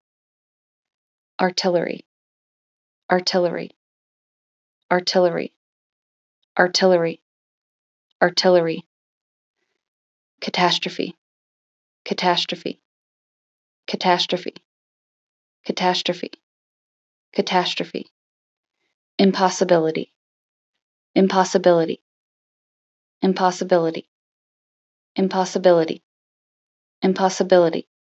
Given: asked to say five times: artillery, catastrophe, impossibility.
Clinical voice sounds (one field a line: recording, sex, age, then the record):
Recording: three words, each repeated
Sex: female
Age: 30 to 39 years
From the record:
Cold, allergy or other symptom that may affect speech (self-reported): no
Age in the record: 34 years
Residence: Nebraska, United States